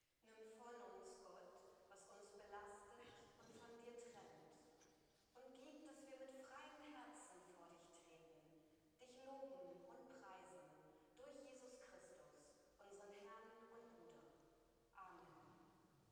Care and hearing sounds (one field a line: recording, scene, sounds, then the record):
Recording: everyday scene through a hearing-aid microphone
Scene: reverberant space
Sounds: speech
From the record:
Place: church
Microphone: in the ear canal, right